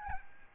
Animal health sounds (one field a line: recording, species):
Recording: mosquito wingbeat signal from an infrared sensor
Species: Aedes albopictus